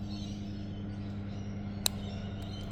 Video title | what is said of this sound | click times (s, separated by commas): How to change Hyundai key fob battery (with no special tools) | you hear a little snap sound, and that should be enough to open it up. | 1.9 s